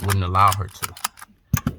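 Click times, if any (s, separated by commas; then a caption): 1.6 s. Someone talks, then the metal seat belt tongue (male end) is pushed into the new replacement female buckle in the back seat of an R50 Pathfinder, replacing a buckle that would not latch. A sharp click at 1.6 s shows the tongue snapping in and seating, followed by a second softer tick shortly after.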